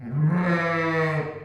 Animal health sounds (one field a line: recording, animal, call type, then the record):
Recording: contact call of a hoofed animal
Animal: sheep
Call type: low-frequency (closed-mouth) or high-frequency (open-mouth) call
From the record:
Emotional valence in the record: negative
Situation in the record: short social isolation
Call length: 1.46 s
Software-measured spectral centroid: 1390 Hz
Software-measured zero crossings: 1360 a second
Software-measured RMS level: -24 dBFS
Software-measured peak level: -12 dBFS